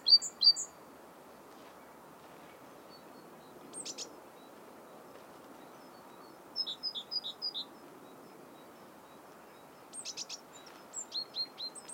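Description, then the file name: Great tit: scattered, softer high two-note phrases, mixed with a few brief buzzy high calls, separated by long quiet stretches. "Parus major"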